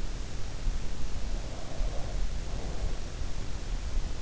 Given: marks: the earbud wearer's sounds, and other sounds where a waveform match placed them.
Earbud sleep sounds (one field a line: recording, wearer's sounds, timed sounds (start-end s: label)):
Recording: sounds in sleep by an in-ear microphone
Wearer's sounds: breath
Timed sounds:
1.03-3.32 s: breath